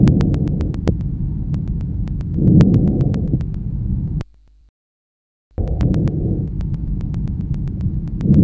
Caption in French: Le murmure vésiculaire normal. Il s'agit d'un son doux, de basse tonalité, entendu à la périphérie du poumon et essentiellement inspiratoire.